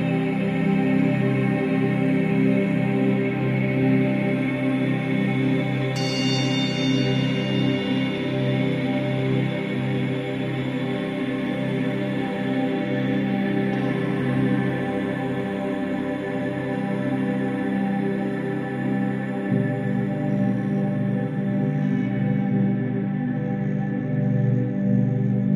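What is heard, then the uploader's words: Singing bowls and gongs ring together in a thick, continuous wash of layered tones, low hums sustained beneath brighter overtones. Around six seconds a new metallic strike adds a shimmering high edge that slowly fades, and the pitches shift gently later on. Bowls, Gongs, And Other Instruments.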